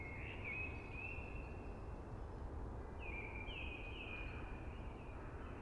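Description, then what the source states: Eurasian blackbird delivering two long fluted phrases against an even rushing hiss. Singing early amongst hushing conifers.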